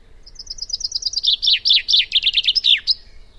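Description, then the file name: Common chaffinch song: a quick run of high, evenly spaced notes that drop in pitch, ending in a short flourish. "Fringilla coelebs"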